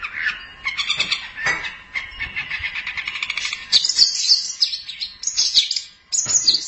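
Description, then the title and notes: Long-tailed Shrike song, a varied run of scratchy chattering notes and sharp high whistles, with brief pauses between phrases. "Pentet 201703. Suara burung pentet"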